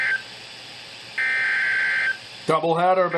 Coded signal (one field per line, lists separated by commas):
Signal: Emergency Alert System (SAME) tones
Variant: header bursts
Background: speech